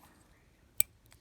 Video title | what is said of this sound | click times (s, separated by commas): Injector connector upgrade | hear another click so both wires are locked in | 0.8 s